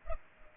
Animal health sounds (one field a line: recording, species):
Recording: mosquito wingbeat signal from an infrared sensor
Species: Culex pipiens